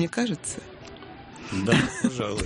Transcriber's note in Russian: смеется